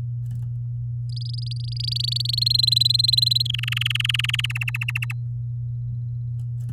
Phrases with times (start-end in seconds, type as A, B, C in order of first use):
1.09-2.57 A, 2.58-3.47 B, 3.49-4.46 C, 4.50-5.13 D